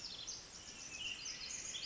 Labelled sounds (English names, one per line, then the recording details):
Pacific Wren
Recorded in Sonoma County, California